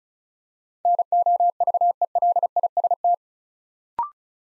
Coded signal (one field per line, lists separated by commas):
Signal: Morse code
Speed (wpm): 36 wpm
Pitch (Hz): 700 Hz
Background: none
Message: NOVELIST